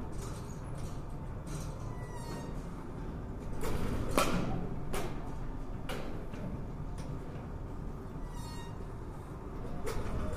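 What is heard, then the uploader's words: Batting cage sounds: a steady, low mechanical rumble runs throughout, like the pitching machines churning. Over it come sharp cracks and thuds at irregular intervals, a cluster around four to six seconds and more near eight and ten seconds, with faint clatter between. バッティングセンターの音です. Sound of batting cage.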